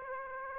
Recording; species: mosquito wingbeat signal from an infrared sensor; Aedes aegypti